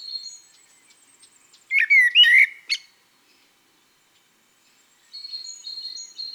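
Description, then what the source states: Common blackbird song: one short fluty phrase ending in a squeaky twitter, set between thin, high repeated notes before and after. From an album of garden birds.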